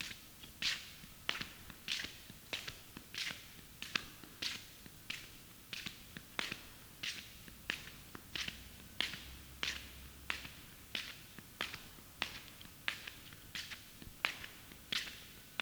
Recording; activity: daily activity, guitar pickup as the sensor; walk